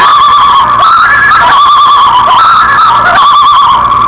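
Loon calls in a continuous yodel-like tremolo, the wavering note rising and dipping in rapid pulses without pause.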